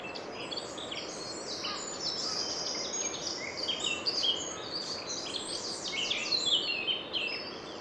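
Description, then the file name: Eurasian wren song: a long tumbling stream of high, rapid trills and sharp notes over a steady hiss of background noise. "Troglodytes troglodytes"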